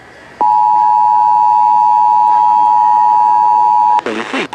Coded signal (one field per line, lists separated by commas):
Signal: Emergency Alert System (SAME) tones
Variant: 853 and 960 Hz attention tone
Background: speech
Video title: Pennsylvania's RMT (EAS #4464-4470)